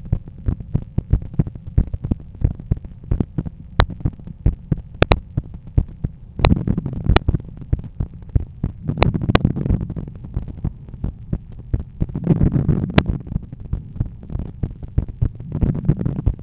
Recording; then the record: heart sounds by stethoscope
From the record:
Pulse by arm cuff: 94 bpm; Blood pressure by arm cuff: 122/78 mmHg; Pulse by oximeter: 96 bpm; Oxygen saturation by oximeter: 94%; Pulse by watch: 86 bpm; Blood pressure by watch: 126/80 mmHg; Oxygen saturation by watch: 97%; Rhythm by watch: sinus rhythm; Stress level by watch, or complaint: medium stress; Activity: after lunch and office activities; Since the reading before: plus 5000 steps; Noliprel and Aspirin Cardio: after pills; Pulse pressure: 44 mmHg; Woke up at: 7:30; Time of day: 17:22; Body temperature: 36 C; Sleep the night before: 8 h 32 min, score 78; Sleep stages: REM 32%, light 50%, deep 12%, awake 6%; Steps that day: 9500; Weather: sunny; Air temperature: 26.4 C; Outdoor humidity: 49%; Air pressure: 1014 hPa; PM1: 8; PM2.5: 12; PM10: 14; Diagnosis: hypertension, treated with Noliprel and Aspirin Cardio 100 mg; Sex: male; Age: 53 years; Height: 174 cm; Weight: 81 kg